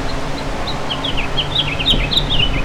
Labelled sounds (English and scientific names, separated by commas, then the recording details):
House Finch (Haemorhous mexicanus) song
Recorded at Patchogue on Long Island, New York, on 21 June 2013
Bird F